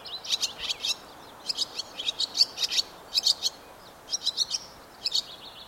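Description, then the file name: Barn swallow giving bursts of high, scratchy twittering notes in short clusters, with brief pauses between groups; faint background hiss. "Ladusvala"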